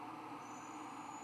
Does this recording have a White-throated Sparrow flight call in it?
no